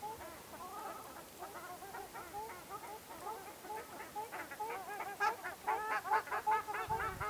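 Ruddy shelduck calls, nasal honking notes from several birds, building into louder, quicker honks toward the end.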